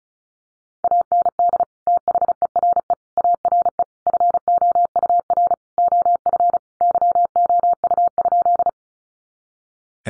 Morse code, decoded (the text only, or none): AND THERE ARE FOUR OF YOU?